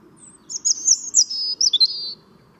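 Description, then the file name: European robin song: a high, thin warbling phrase of quick trills and drawn-out whistled notes, lasting about a second and a half over faint low hum. "Erithacus rubecula"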